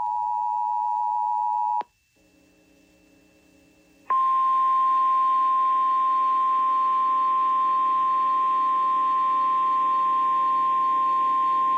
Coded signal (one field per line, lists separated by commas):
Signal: Emergency Alert System (SAME) tones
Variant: 853 and 960 Hz attention tone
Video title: EAS #3687 Tornado Warning on WCLR